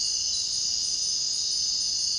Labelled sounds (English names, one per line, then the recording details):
none
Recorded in dense forest near Puerto Asís, Putumayo, Colombia, on 22 June 2025 at 02:30
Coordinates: 0.499, -76.324
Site G100